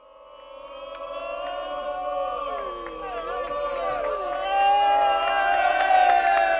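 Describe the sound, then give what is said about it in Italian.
A large crowd of fans cheers, chants and does a wave for cyclist Alessandro Verre as he leans out of the bus at stage 4 of the 2023 Giro, many overlapping voices, the roar building steadily and growing louder toward the end. “e gli facevano i cori, la ola, si è affacciato all'autobus con un ola che lo ha accolto”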